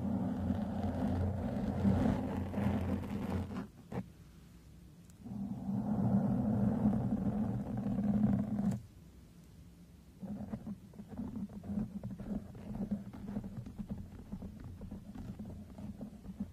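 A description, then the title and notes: Microphone brushing and stroking, heard as dense, rough rubbing with a low rumbling body. Loud passages run from the start to about 4 seconds and again from about 5 to 9 seconds, each ending abruptly. After a short gap, quieter, lighter scratching continues to the end. MICROPHONE BRUSHING, SCRATHCHING & STROKING.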